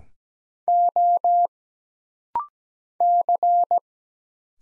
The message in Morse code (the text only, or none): O C